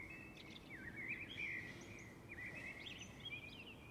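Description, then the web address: Bird song: warbling, twittering phrases around a steady high pitch, with slides and short chirps running through the whole stretch over a low background hiss. Birds on a calm summer evening. "Lynne Music 2 Birds-Summer-Evening-Calm"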